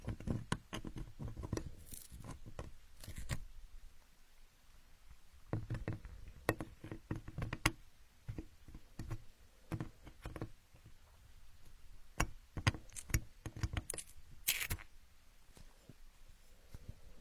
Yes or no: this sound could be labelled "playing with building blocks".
yes